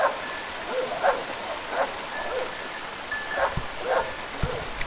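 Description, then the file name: Dog barking in several sharp bursts, most less than a second apart. Dogs barking in a small village. "nature small village dogs barking turkey rooster background"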